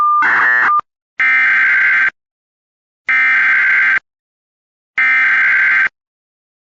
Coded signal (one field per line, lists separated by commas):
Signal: Emergency Alert System (SAME) tones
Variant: header bursts